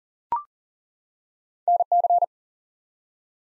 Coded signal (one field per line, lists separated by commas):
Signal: Morse code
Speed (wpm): 41 wpm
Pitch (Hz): 700 Hz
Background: none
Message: NC